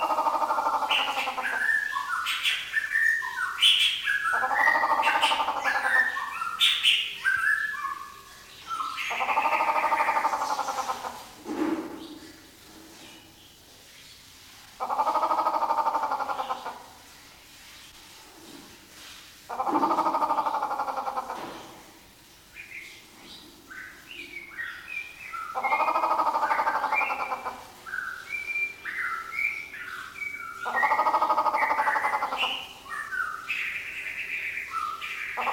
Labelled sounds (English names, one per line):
White-rumped Shama